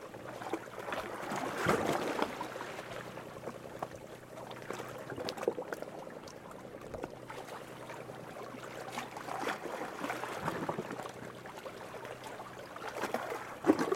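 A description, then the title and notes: Gentle sea water laps and sloshes in a steady, repetitive wash. Slightly louder swells break through around two seconds, ten seconds and near the end, while a faint low hum sits underneath the whole time. Croatian sea. The gentle, repetitive sound of the sea. The rhythmic nature of the waves.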